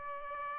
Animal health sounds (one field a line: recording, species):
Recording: mosquito wingbeat signal from an infrared sensor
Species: Aedes albopictus